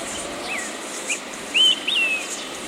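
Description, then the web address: Olive-sided flycatcher singing a clear whistled phrase, an upslurred note then a drawn-out descending note, after a few faint earlier notes, with steady shrill insect buzz behind. Recorded in Ecuador. "S America Birds of Ecuador. Olive-sided Flycatcher"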